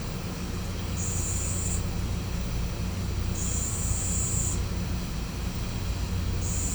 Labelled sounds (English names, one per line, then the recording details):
none
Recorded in pastures near Puerto Asís, Putumayo, Colombia, on 18 December 2024 at 11:00
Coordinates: 0.505, -76.324
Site G063